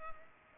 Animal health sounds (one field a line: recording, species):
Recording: mosquito wingbeat signal from an infrared sensor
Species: Culex pipiens